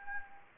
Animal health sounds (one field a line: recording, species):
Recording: mosquito wingbeat signal from an infrared sensor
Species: Anopheles gambiae